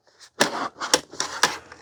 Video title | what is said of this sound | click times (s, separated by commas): Viral Shark TurboBlade Fan Just Got an Upgrade 🔥 Now It Heats Too! | And now it's clicked in. It clicked into place. | 0.9 s